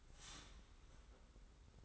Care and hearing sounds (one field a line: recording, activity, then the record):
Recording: daily activity, microphone in the room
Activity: start toaster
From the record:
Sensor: 3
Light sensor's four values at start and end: 42/119/48/42 and 42/119/48/42